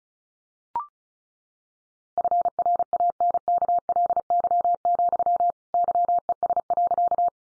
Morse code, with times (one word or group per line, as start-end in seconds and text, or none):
2.2-5.5 FRANKLY,
5.7-7.3 YES.